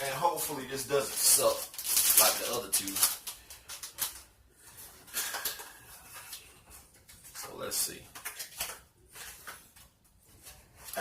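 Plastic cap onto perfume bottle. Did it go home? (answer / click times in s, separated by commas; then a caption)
no / none. Someone talks while a plastic cap is put back onto a fragrance bottle, with rustling handling noise and a few short, light taps. The cap does not snap into place and falls right off, just like the caps on the other two bottles, so nothing has clicked or seated.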